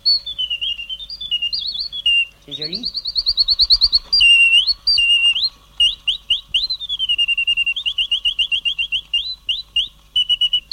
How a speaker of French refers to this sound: Un jour à Noël, Laure Duvine m'a envoyé un petit oiseau mécanique que je vous ai apporté, que je vais vous faire entendre. C'était avec un bouquet de fleurs.